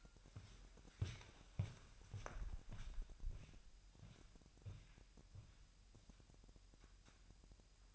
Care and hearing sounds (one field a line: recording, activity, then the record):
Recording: daily activity, microphone in the room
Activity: walk to room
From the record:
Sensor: 2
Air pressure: 1001.9 hPa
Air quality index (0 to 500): 249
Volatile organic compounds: 37 ppm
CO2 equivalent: 3097 ppm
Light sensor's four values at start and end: 5/12/5/5 and 5/12/5/5